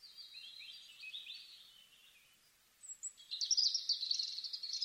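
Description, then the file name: European robin song, a soft, quiet sliding warble at first, then a loud, fast, glittering trill of high notes over faint background hiss. "Erithacus rubecula"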